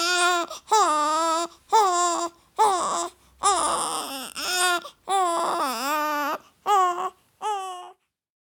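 About nine rhythmic, high-pitched wailing cry bursts separated by brief gasping pauses: a baby crying.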